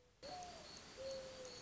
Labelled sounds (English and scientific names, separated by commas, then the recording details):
Mourning Dove (Zenaida macroura)
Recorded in Sonoma County, California